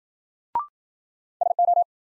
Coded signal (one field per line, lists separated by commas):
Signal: Morse code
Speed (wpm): 53 wpm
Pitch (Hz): 700 Hz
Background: none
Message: SO